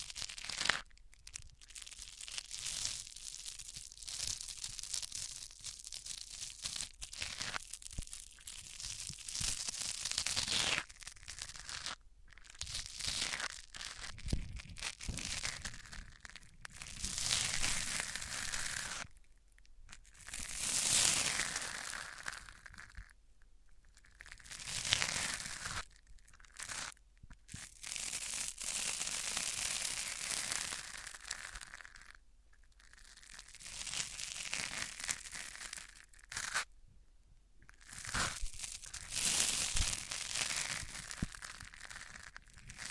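Microphones rubbed against different surfaces make rough, scraping and crinkling bursts that come and go in uneven strokes lasting a few seconds each. The texture is dense and bright, like tearing or crumpling, broken by short near-silent gaps around 12, 19, 23, 27, 32 and 37 seconds.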